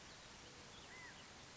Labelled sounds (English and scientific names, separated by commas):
California Quail (Callipepla californica)